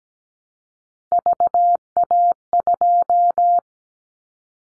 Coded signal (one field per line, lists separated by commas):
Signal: Morse code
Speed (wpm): 17 wpm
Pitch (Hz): 700 Hz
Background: none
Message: VA2